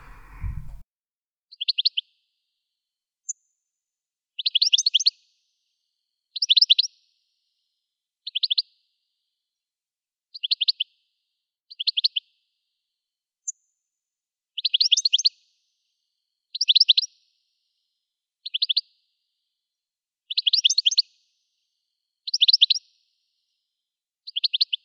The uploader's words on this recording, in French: Découvrir les oiseaux qui chantent autour du collège (à la belle saison !).